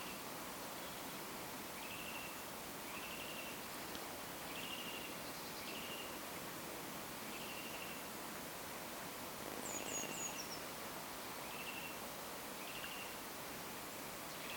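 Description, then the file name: Eurasian wren calls: brief, buzzy rattles repeated every second or so through constant hiss, with a quick descending run of high, thin notes midway. "Troglodytes troglodytes"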